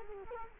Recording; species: mosquito wingbeat signal from an infrared sensor; Culex quinquefasciatus